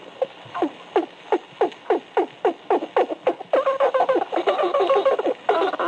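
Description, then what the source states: Porpoise calls: rapid, falling chirps repeat several times a second, then give way to a denser, overlapping burst of buzzy chatter toward the end. A school of porpoises underwater; the species grows to 5 to 8 feet and is found in both the Atlantic and Pacific.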